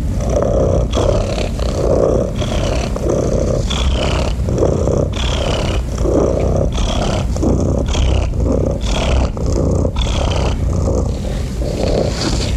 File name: SOUNDS FX MASTER - The Sound of a Cat Purring